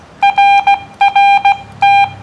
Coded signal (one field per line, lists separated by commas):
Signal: Morse code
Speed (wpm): 16 wpm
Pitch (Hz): 800 Hz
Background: none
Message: RRT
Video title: CW Ops in the park with special guest WB4MNK